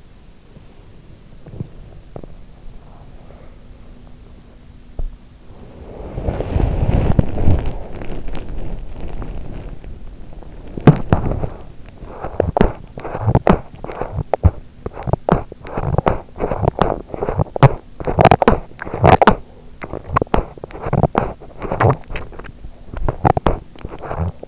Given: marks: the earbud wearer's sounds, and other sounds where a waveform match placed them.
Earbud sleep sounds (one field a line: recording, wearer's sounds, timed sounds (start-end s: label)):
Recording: sounds in sleep by an in-ear microphone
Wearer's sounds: breath, teeth grinding, body movement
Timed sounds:
0.51-1.39 s: breath
1.39-2.30 s: teeth grinding
2.60-3.60 s: breath
4.90-5.17 s: teeth grinding
5.69-10.80 s: body movement
10.80-24.48 s: teeth grinding